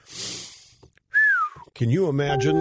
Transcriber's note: whistling